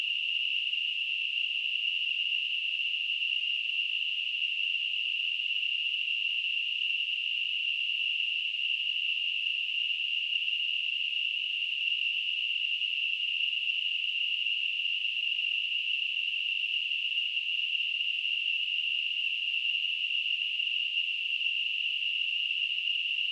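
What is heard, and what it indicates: A steady, unchanging high-pitched hissing band, centred near 2.7 kHz, holds at the same pitch and loudness for about 23 seconds, with no pauses or pulsing. This is a simulated tinnitus sound, imitating the constant ringing or hissing a person with tinnitus hears.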